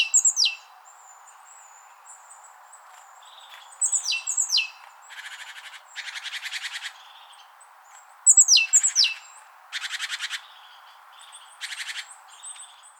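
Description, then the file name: Great tit calling repeatedly: high notes that slide sharply downward alternate with harsh churring rattles, the pattern recurring about every four seconds. "Parus major"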